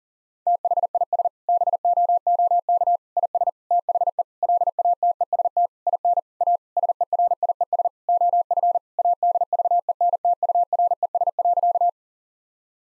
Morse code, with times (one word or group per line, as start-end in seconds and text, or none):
0.5-1.3 THIS
1.5-3.0 BOOK
3.2-3.5 IS
3.7-4.2 THE
4.4-5.7 LATEST
5.9-6.2 IN
6.4-6.6 A
6.8-7.9 SERIES
8.1-8.8 OF
9.0-11.9 ADVENTURES.